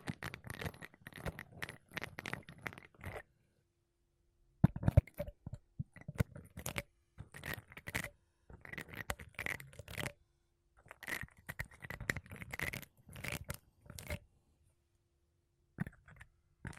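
Makeup brushes and a sponge brush across a microphone in quick, scratchy bursts. The strokes come in dense clusters of soft swishes and crackles, with short silent gaps near 3.5, 10.5 and 14.5 seconds. A faint steady tone hums underneath during the middle stretch.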